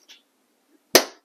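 A screwdriver comes in at an angle from the top to push the second tab of a plastic retaining clip in the fender liner of a 2022–2023 Honda Civic. After a faint brief sound near the start, a loud, sharp pop rings out at 0.95 s and decays quickly. The clip pops out and is released.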